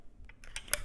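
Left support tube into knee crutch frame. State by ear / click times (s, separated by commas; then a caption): not seated / none. The left support tube of an iWalk 2.0 hands-free knee crutch is slid into the frame with its push button pressed, making soft scraping ticks around 0.3, 0.4 and 0.6 seconds and a sharp tick at 0.7 seconds. The push button does not catch in the hole, so nothing has clicked into place yet, and the tube is to be pulled back out.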